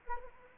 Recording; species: mosquito wingbeat signal from an infrared sensor; Anopheles gambiae